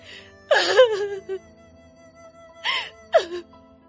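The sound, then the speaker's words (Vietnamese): A woman sobs in broken, wavering bursts, her voice cracking and sliding in pitch, with two louder wails separated by a quieter pause of ragged breaths. “tiếng khóc lạc giọng lại vang lên.”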